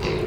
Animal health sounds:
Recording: contact call of a hoofed animal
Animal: pig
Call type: closed-mouth grunt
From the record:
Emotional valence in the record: positive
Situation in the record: food and toys in familiar pen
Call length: 0.27 s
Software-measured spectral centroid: 2080 Hz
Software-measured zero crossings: 1610 a second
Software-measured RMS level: -24 dBFS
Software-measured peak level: -14 dBFS

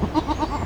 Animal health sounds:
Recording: contact call of a hoofed animal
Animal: goat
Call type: low-frequency (closed-mouth) or high-frequency (open-mouth) call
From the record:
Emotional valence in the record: negative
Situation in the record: short social isolation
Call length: 0.65 s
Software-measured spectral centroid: 1720 Hz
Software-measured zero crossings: 1400 a second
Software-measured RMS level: -24 dBFS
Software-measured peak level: -6 dBFS

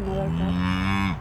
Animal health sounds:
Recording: contact call of a hoofed animal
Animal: cattle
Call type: low-frequency (closed-mouth) or high-frequency (open-mouth) call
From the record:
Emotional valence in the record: negative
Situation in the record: full separation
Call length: 1.20 s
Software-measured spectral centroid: 1720 Hz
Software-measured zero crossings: 1000 a second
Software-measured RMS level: -24 dBFS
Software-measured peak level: -11 dBFS

